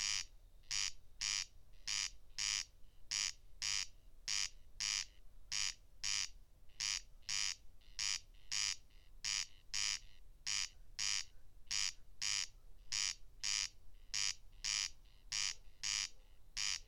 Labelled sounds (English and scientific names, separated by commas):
Corn Crake (Crex crex) song